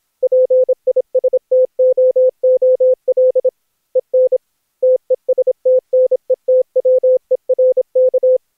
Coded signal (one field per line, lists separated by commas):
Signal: Morse code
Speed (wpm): 26 wpm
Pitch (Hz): 510 Hz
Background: none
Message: PISTOOL EN TESTNETWERK